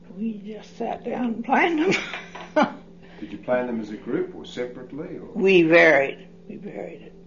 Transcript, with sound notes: We just sat down and planned them. (laughs)
Did you plan them as a group, or separately?
We varied; we varied it.